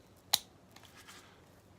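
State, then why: Seated. A paint roller frame is pushed into a plastic storage container and gives a sharp, bright click at 0.3 s as it seats in place, followed by softer scraping and rustling as it is pulled back out.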